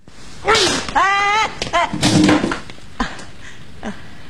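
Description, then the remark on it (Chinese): Cartoonish punch sound effects as one character punches another at their workplace: whooshing swipes and several sharp, thumping hits. A wavering, pitched cry-like tone runs between them, and a couple of short knocks trail off at the end. “大森气坏了，到了单位冲着小豆就是一拳。”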